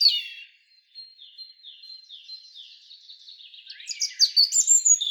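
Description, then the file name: European robin singing a thin, rippling warble of high sliding notes that ends in bright, quick, high flourishes. "Erithacus rubecula"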